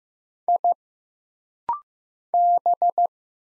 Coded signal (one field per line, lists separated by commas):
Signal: Morse code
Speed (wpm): 15 wpm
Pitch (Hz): 700 Hz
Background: none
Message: I B